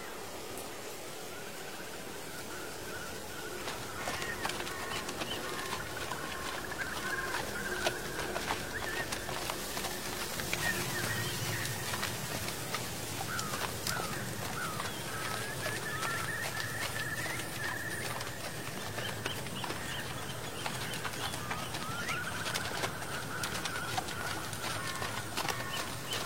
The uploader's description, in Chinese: 秋天古道夕阳下的马蹄声、落叶声、远处的深山鸟鸣和古寺钟声